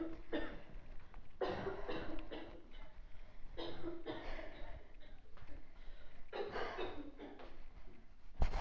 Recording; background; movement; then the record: deep breathing; a bystander coughing; walking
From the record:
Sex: female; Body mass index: 22.6 kg/m2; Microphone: on the chest, facing outward